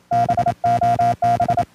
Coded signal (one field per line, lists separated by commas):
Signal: Morse code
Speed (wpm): 27 wpm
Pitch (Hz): 700 Hz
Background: music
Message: BOB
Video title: E77O BOSNIA BOb CW QSO